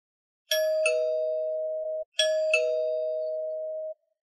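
A doorbell rings twice in a row, each a bright two-tone ding-dong with a long, sustained ringing tail that slowly fades. No voices are heard.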